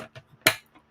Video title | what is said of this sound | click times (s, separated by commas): Getting Rid of The Wednesday Woes | Vitamix snap you've got to love it and then you know that it's very secure | 0.5 s